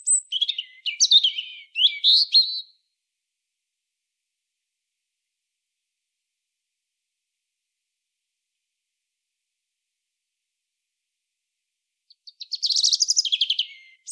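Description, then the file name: European robin song: a burst of varied high warbles and sharp notes, a long silence, then a dense, scratchy high twittering phrase. "Erithacus rubecula"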